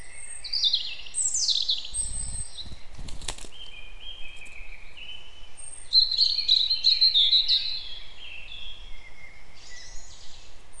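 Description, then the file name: European robin song with high liquid warbles and a rapid trilled passage, broken early by a couple of short knocking sounds. "Erithacus rubecula"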